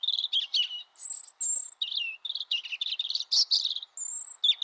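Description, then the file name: European robin song, a continuous run of thin, high twittering notes broken by clear sustained whistles, varied and rapid throughout. "vorosbegy"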